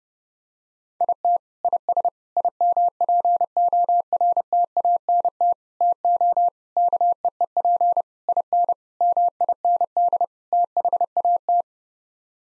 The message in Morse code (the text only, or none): IT IS IMPORTANT TO KEEP IN MIND THAT